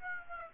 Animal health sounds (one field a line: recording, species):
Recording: mosquito wingbeat signal from an infrared sensor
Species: Aedes aegypti